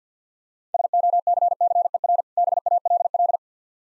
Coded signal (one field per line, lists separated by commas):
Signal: Morse code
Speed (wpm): 45 wpm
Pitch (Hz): 700 Hz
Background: none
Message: SOCCER BALL